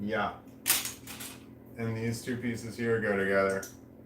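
Lego plastic toy brick pieces are handled, one about to be pressed onto another, while someone talks, with a brief sharp plastic clack around 0.7 s. Nothing has seated or clicked together yet by the end of the clip.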